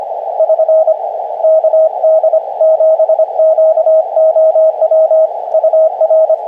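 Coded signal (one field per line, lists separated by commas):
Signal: Morse code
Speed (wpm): 24 wpm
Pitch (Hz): 640 Hz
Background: radio noise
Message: <SN> KD7QOW UR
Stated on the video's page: Summit activation from a mountain in a national forest, mostly on VHF.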